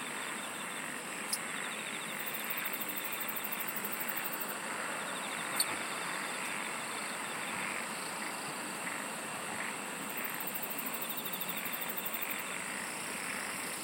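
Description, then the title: Chorus of insects: steady shrill tones with intermittent rapid pulsed trills recurring throughout, two sharp clicks, and constant background hiss. "SINGING OF INSECTS"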